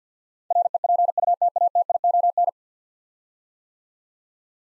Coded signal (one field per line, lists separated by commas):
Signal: Morse code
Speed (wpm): 50 wpm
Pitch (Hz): 700 Hz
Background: none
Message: REPUTATION